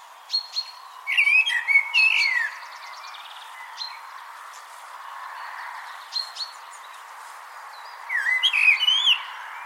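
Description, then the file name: Common blackbird song: fluty warbled phrases mixed with high squeaky twittering, then a pause with scattered thin notes before another fluty phrase begins. "Turdus merula"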